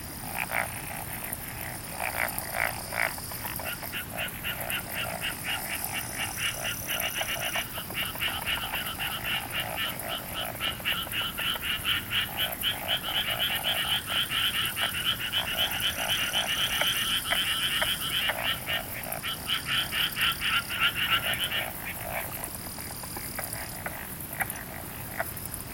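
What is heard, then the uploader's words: A dense chorus of frogs calls from a night rice paddy, their rapid, rattling croaks overlapping without pause for the whole stretch. The chorus swells slightly toward the middle, while thin, high insect tones come and go above it. Summer Japan, Hokkaido | Night Paddy's frogs | 夜の水田のカエル. Recorded WAV 24bit/96kHz.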